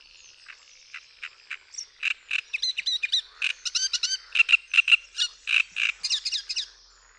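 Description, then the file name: Great reed warbler song: rasping croaks build from scattered notes into a long, dense chatter, mixed with squeaky higher notes. "TRZCINIAK"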